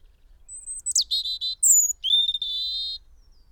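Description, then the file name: European robin song: a high thin whistle leads into quick buzzy trilled phrases that break off, then a sustained rattling trill; clean background. "Erithacus rubecula"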